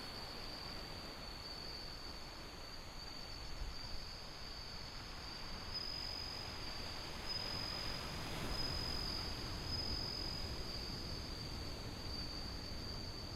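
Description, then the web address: Bell cricket song, a high, thin ringing trill held steadily, with brighter pulsed stretches midway, partly masked by a loud, constant roar of wind and surf. Recorded in windy conditions with ocean sound. "windy scape osean sound suzumushi"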